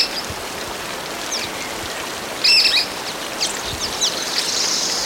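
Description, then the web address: Cliff flycatcher giving one sharp, high, brief call note near midway, over a steady rush of running water and faint bird chips. Recorded in Ecuador. "Natures Songs S America Birds of Ecuador Cliff Flycatcher"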